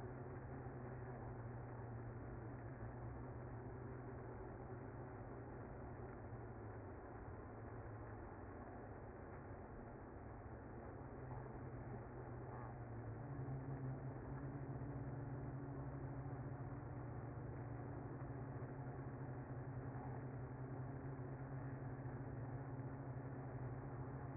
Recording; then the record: honeybee colony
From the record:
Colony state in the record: active